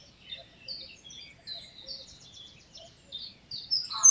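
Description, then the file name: Eurasian wren song: a rapid stream of high trills and sharp notes, louder toward the end. "Troglodytes troglodytes"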